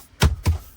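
A plastic interior trim piece in a Tesla Model 3 is pressed back into its interior panel clips along its length after a Ghost chip install, because it tends to pop up. Two short, low snaps land at 0.2 s and 0.5 s as the piece seats, and the trim is confirmed back in place.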